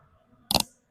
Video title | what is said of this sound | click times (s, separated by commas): Screw Gauge Experiment Class 11 - Measure Diameter of Wire & Thickness of Sheet | ऐसे नहीं करना सिर्फ क्लिक साउंड ओके दोबारा सुनो सिर्फ क्लिक साउंड | 0.5 s, 0.6 s